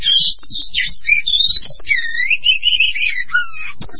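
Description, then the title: Oriental magpie-robin singing high buzzy notes that give way to long, sliding whistles dropping lower in pitch, closed by a sharp burst. "Kacer"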